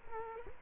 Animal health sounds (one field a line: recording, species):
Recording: mosquito wingbeat signal from an infrared sensor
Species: Culex quinquefasciatus